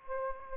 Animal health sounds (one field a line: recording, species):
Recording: mosquito wingbeat signal from an infrared sensor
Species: Anopheles gambiae